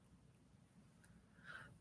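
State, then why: Not seated. A clasp on a 7 3/4 inch bracelet marked 925 is pushed toward its catch, making only faint small ticks at about 0.0, 0.4 and 1.0 seconds over a low background hum, with a brief higher tone near 1.5 seconds. The clasp has not clicked shut; it only clicks once it is opened just slightly.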